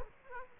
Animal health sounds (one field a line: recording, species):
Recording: mosquito wingbeat signal from an infrared sensor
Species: Aedes aegypti